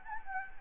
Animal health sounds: mosquito wingbeat signal from an infrared sensor; Anopheles gambiae

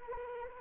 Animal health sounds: mosquito wingbeat signal from an infrared sensor; Anopheles arabiensis

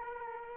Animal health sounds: mosquito wingbeat signal from an infrared sensor; Aedes aegypti

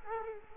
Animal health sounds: mosquito wingbeat signal from an infrared sensor; Culex quinquefasciatus

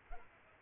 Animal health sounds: mosquito wingbeat signal from an infrared sensor; Culex pipiens

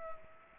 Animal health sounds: mosquito wingbeat signal from an infrared sensor; Culex pipiens

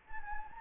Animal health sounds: mosquito wingbeat signal from an infrared sensor; Anopheles gambiae

